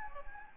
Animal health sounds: mosquito wingbeat signal from an infrared sensor; Anopheles gambiae

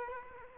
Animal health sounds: mosquito wingbeat signal from an infrared sensor; Culex quinquefasciatus

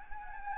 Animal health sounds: mosquito wingbeat signal from an infrared sensor; Anopheles gambiae

